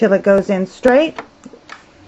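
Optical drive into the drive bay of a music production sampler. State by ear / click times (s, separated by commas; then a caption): seated / 1.7 s. Someone talks as a CD/DVD optical drive is slid gently and straight into its drive bay in an MPC5000 music production sampler. A really soft little click at 1.7 s marks the drive seating in the bay.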